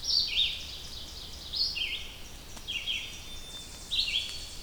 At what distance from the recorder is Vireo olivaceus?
about 10 m